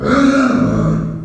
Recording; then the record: squeal of a Yucatan mini pig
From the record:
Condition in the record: after surgery on the right vocal fold (resection and tissue-engineered implant); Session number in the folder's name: 7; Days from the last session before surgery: 47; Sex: female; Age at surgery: 19 weeks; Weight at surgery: 25 kg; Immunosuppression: prednisolone